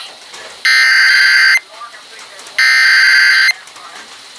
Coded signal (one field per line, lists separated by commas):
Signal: Emergency Alert System (SAME) tones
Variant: header bursts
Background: speech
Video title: GLITCHY GLITCHY... EAS Alerts from 7/18/21 (EAS #5,929 - 5,934)